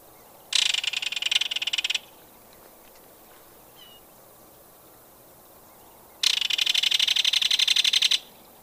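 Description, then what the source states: Belted Kingfisher rattle call: two loud, dry, rapid rattling bursts, each lasting one and a half to two seconds, separated by a long quiet pause. The most commonly heard call, given in many circumstances, from close contact calls between mates to alarm calls.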